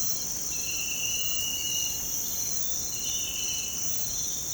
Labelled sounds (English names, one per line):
none